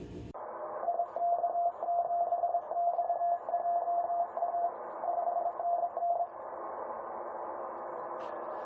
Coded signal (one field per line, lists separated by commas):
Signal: Morse code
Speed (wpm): 22 wpm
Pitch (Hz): 690 Hz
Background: radio noise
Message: IK7XJA 5NN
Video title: QRP @ Solar Minimum - Part 1/n